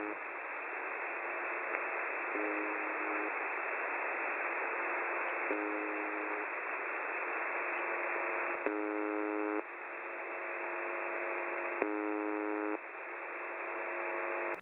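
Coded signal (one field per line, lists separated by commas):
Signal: channel marker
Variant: UVB-76 (The Buzzer)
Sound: hissing static with four short, coarse, low buzzes repeating every few seconds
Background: radio static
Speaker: you can put in the numbers 4625 uh kilohertz and type in USB over here. Make sure you tap that. And of course, this is what it sounds like. So, listen closely.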